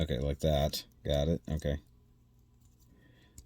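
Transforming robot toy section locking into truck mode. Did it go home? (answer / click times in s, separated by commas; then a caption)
yes / 3.4 s. Someone talks while moving a section of a plastic transforming robot toy (NewAge Toys Hephestas upgrade set). After a quiet pause, a single sharp click at 3.4 s marks the section locking into place in truck mode.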